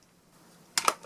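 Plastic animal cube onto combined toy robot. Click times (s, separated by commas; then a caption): 0.8 s. A plastic bear cube is pressed onto the 2016 DX Wild Tousai King combined toy robot and locks into place. After near silence, a sharp plastic click at 0.8 s marks it seating, followed by further quick clacks around 0.9 s and 1.1 s.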